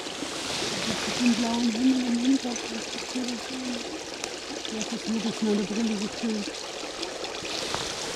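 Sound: flowing brook water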